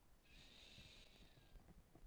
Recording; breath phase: one breath near a microphone; inhalation